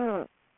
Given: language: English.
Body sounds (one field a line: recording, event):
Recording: throat vibration sensor signal played as sound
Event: speech